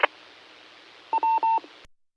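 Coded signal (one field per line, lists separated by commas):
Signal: none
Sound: repeater courtesy tone beeps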